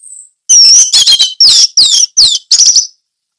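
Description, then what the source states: Orange-headed thrush song: loud, high sweeping whistles in quick phrases, several sliding downward, after a thin high opening note, with no other sounds. Indonesian name anis merah; song delivered in the ngeplong teler style.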